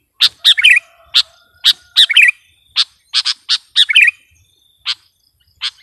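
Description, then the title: Sooty-headed bulbul mixing sharp chips and bubbling twittered phrases in an irregular lively series, tapering to single notes. "kutilang"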